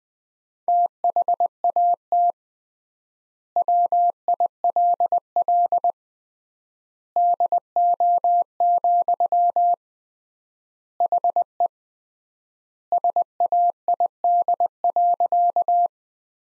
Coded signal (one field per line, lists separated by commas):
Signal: Morse code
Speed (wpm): 20 wpm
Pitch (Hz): 700 Hz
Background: none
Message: THAT WILL DO, HE SAID.